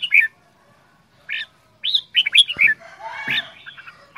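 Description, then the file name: Red-whiskered bulbul song: a couple of bright chirped notes, then a quicker run of warbled phrases. Quảng Ngãi, Vietnam; 'chè đao' bulbul, described as having a frantic voice. "tieng chao mao quang ngai che dao giong dien cuong"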